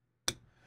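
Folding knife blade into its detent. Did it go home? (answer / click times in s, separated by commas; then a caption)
yes / 0.3 s. The blade of a Tactile Knife Co. Mariner 2 folding knife with an inset liner lock is worked against its ball detent, producing a single sharp, crisp click at 0.3 s over a faint low hum. The blade seats in the detent, and the click fades quickly into a quiet tail.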